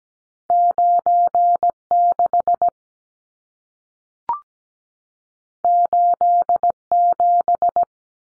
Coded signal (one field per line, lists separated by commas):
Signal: Morse code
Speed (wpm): 17 wpm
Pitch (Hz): 700 Hz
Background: none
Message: 96 87